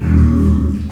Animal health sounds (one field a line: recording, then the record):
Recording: squeal of a Yucatan mini pig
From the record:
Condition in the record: after surgery on the right vocal fold (resection and tissue-engineered implant)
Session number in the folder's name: 13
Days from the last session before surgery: 113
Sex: female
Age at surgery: 19 weeks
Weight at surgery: 25 kg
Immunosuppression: prednisolone